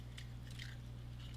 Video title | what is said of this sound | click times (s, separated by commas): Odin Makes Live: Proton Pack progress | Click. I like how they click. | 0.2 s, 0.6 s